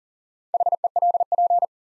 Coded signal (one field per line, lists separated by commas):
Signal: Morse code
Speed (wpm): 40 wpm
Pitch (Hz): 700 Hz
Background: none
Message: HELP